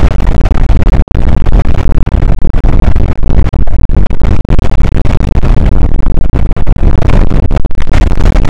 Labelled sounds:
wind
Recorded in the Prudhoe Bay oil fields, Alaska, on 8 May 2019 at 00:05
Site 24

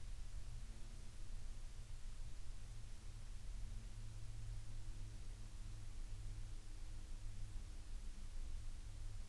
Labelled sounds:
aircraft
insects
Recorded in the Prudhoe Bay oil fields, Alaska, on 12 August 2019 at 15:41
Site 11

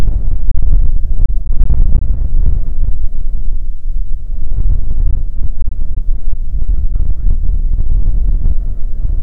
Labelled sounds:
waterfowl
wind
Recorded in the Prudhoe Bay oil fields, Alaska, on 15 May 2019 at 00:04
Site 19

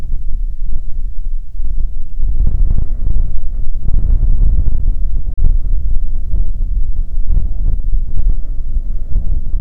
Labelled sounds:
waterfowl
wind
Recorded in the Prudhoe Bay oil fields, Alaska, on 15 May 2019 at 00:03
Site 19

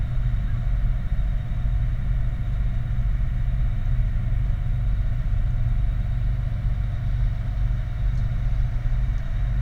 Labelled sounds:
machinery
flare stack
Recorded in the Prudhoe Bay oil fields, Alaska, on 31 July 2019 at 04:27
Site 29

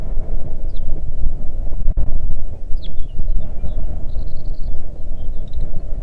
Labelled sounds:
songbird
wind
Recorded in the Arctic National Wildlife Refuge, Alaska, on 3 June 2019 at 05:27
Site 37

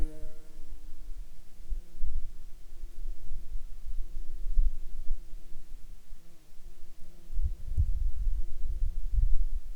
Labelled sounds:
wind
insects
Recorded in Ivvavik National Park, Yukon, on 18 June 2019 at 14:02
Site SINP09

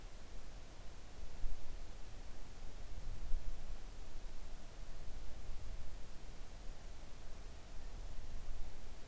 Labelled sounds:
near silence
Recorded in the Arctic National Wildlife Refuge, Alaska, on 3 August 2019 at 05:14
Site 41

